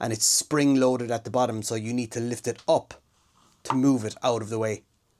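Someone talks while handling the folded metal stand of a Summit Hub camping stove, made of zinc alloy, stainless steel and aluminium, lifting a spring-loaded folding leg at the bottom to move it out of the way. The leg is meant to click into place in its open position, but nothing has seated or clicked yet.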